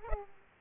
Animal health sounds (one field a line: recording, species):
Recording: mosquito wingbeat signal from an infrared sensor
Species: Aedes aegypti